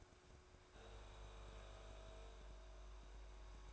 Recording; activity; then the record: daily activity, microphone in the room; make coffee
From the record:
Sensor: 2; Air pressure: 1014.6 hPa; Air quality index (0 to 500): 189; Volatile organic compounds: 17 ppm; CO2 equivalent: 2595 ppm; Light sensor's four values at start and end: 4/10/3/4 and 4/10/3/4